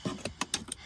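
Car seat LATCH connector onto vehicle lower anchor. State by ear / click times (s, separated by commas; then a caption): seated / 0.5 s. A second-side car seat LATCH connector is pushed onto the vehicle's lower anchor down in the seat bight. Among several short ticks and rattles, it snaps in with a sharp click at 0.5 s, and the connector is seated.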